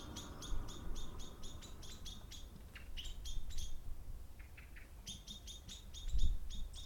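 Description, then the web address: Bird song: fast runs of high chirps, a few lower notes in a pause, then chirping resumes against rumbling traffic. Recorded with cars passing by. "wikipedia commons Birds songs and cars passing by"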